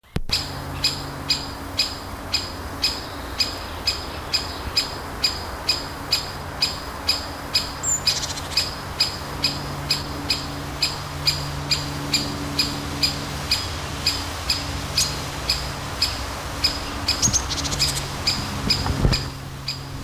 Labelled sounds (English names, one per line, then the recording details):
Great Spotted Woodpecker alarm call
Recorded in the wild
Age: adult
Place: Forsthaus Dreilinden, Wannsee, Berlin, DE
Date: 1997-06-08 15:52
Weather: ca. 26°C, heiter, böiger Wind
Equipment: Nagra SN, Kopie Uher 4000 Report Monitor
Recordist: Tembrock, Günter